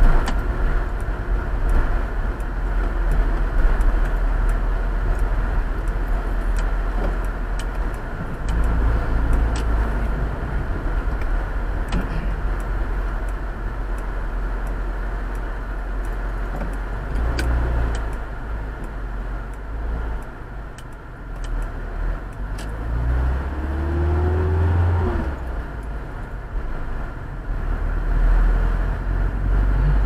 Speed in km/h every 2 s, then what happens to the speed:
4, 5, 6, 7, 8, 7, 7, 2, 0, 0, 1, 3, 7, 15, 21.
0-9 steady at about 6. 9-14 slows to 2. 14-21 standing. 21-30 pulls away to 21.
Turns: none.